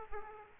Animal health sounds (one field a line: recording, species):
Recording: mosquito wingbeat signal from an infrared sensor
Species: Aedes aegypti